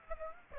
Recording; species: mosquito wingbeat signal from an infrared sensor; Aedes aegypti